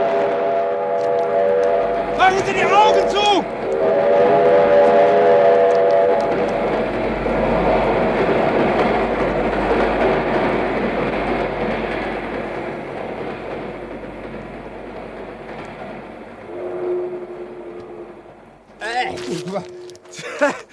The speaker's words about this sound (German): Halten Sie sich fest! Da kommt der Schnellzug! Der macht schönen Dreck und Wind!